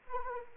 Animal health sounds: mosquito wingbeat signal from an infrared sensor; Anopheles arabiensis

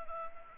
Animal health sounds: mosquito wingbeat signal from an infrared sensor; Anopheles arabiensis

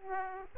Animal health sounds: mosquito wingbeat signal from an infrared sensor; Aedes aegypti

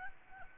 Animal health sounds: mosquito wingbeat signal from an infrared sensor; Aedes albopictus

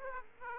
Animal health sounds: mosquito wingbeat signal from an infrared sensor; Aedes aegypti

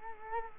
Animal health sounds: mosquito wingbeat signal from an infrared sensor; Culex quinquefasciatus

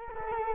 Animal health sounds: mosquito wingbeat signal from an infrared sensor; Culex quinquefasciatus

